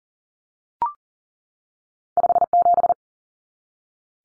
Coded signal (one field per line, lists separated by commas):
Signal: Morse code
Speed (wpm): 40 wpm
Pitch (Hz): 700 Hz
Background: none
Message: 57